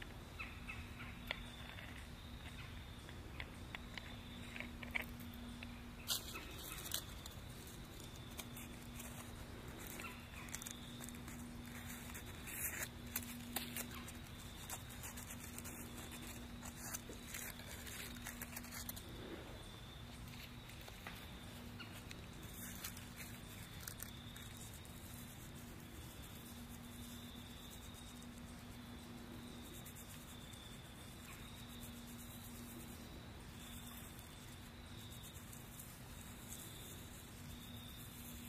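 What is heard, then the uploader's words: An outdoor walk in fall, set against a steady low hum and a faint, constant high whine that run the whole way through. Small clicks and crackles come and go, thickest between about six and nineteen seconds, then thin out. Nature Walkabout in Fall.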